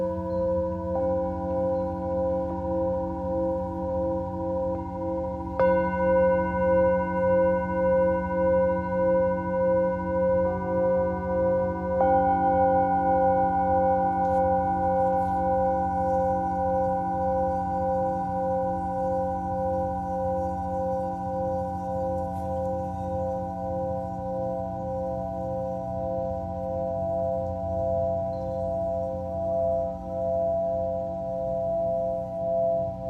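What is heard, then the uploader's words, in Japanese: Singing bowls ring in long, sustained tones that overlap and hum with a slow wavering pulse. New strikes come in around 6, 10 and 12 seconds, adding brighter pitches above the steady low drone, and the sound holds evenly to the end. メキシコから シンギングボウルのサウンドヒーリング ライブ。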